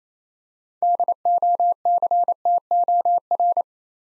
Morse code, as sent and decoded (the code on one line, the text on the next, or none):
-.. --- -.-. - --- .-.
DOCTOR